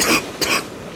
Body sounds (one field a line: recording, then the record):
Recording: coughing mixed with background sound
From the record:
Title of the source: 31 night wet cough